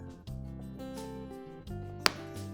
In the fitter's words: three snap, and then tuck that back underneath.